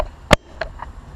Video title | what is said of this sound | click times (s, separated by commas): Well Drilling Shaft Repair 1 | and you'll hear it click | 0.3 s